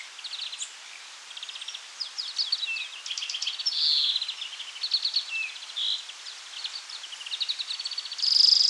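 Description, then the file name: European greenfinch singing: rapid twittering trills and chirps, several buzzy wheezing notes, ending in a sustained wheeze. "Chloris chloris"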